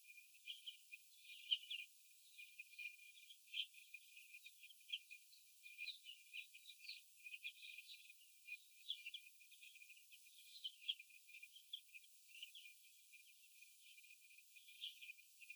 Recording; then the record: young laying hens in a cage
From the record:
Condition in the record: before the stressor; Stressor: sudden umbrella opening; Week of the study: 2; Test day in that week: 1